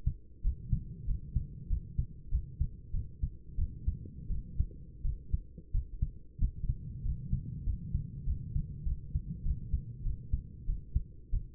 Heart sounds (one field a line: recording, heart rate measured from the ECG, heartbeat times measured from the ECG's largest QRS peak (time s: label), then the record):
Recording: heart sounds by stethoscope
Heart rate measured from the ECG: 94 bpm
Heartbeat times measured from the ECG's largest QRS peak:
0.42 s: heartbeat
1.06 s: heartbeat
1.68 s: heartbeat
2.30 s: heartbeat
2.92 s: heartbeat
3.56 s: heartbeat
4.29 s: heartbeat
5.03 s: heartbeat
5.72 s: heartbeat
6.39 s: heartbeat
7.03 s: heartbeat
7.65 s: heartbeat
8.25 s: heartbeat
8.84 s: heartbeat
9.43 s: heartbeat
10.03 s: heartbeat
10.66 s: heartbeat
11.31 s: heartbeat
From the record:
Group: healthy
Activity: rest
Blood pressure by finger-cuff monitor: 114/55 mmHg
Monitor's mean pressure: 75 mmHg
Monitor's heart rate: 94 bpm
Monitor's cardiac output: 10.4 L/min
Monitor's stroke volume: 112 mL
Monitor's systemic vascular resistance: 500 dyn s/cm5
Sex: male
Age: 24 years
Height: 184 cm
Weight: 89 kg